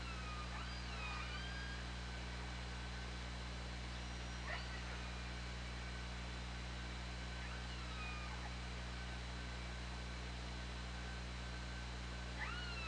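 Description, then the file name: Killer whale calls, several short rising and falling tonal calls with harmonics, spaced a few seconds apart, over steady low underwater hum and hiss. Recorded by OrcaLab hydrophone on 24 August 2017 at 20:17. "Orca Lab 20170824 201729"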